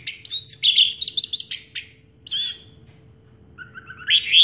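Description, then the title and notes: Orange-headed thrush song: dense, fast high-pitched warbling and chirps, another burst, a pause, then quieter rising whistled notes growing louder at the end. Song in the teler style, described as having a clear voice; a complete collection of this bird's sounds. "Anis Merah Teler Suara Jernih. kumpulan suara anis merah lengkap"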